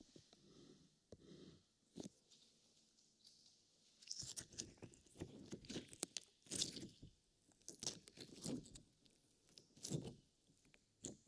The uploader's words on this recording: ASMR SQUISH BINAURAL SOUNDS SLIME.